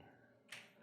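A lower snap-in denture with female attachments is pressed onto the implant abutments of a demonstration jaw model. Two short snaps are heard at 0.0 s and 0.5 s, the second louder and brighter. The denture is seated and now stays in place.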